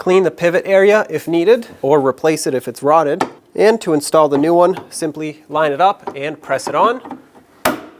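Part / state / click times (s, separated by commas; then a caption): liftgate support strut socket onto body ball stud / seated / 7.7 s. Someone talks while the lower end of a new liftgate gas strut is lined up and pressed onto the ball stud on the body of a 2008-2020 Dodge Grand Caravan. A sharp snap at 7.7 seconds marks the strut's ball socket clicking into place on the pivot, seated.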